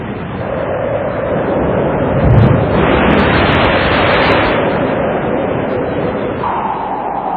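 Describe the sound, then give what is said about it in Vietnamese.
A steady, dense rush of thunderstorm rain, swelling with a deep rumbling boom of thunder around the middle, then continuing loud and unbroken to the end. No voices. “Thương tình, Thạch Sanh cho hai mẹ con Lý Thông trở về làng, nhưng dọc đường hai mẹ con gian ác, gặp trận mưa giông.”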